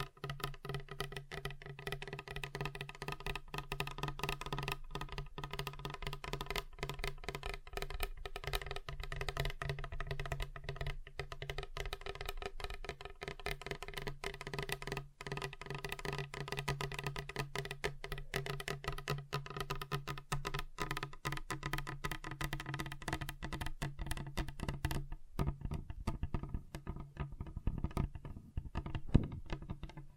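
Fingers tap rapidly and continuously on a table, many quick knocks per second, with a steady low hum and faint tones running underneath. Around 25 seconds the tapping briefly breaks off, then resumes on a different surface that sounds duller and heavier.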